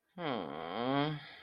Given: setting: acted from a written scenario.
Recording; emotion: vocal sound without words; shame